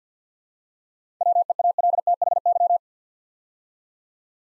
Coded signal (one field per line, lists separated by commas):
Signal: Morse code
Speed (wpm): 52 wpm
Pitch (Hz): 700 Hz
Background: none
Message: WEALTHY